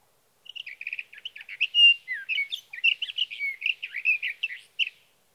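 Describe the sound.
Sage thrasher singing a continuous warble: quick chattering notes at first, then varied whistled and slurred phrases for over four seconds against a quiet background.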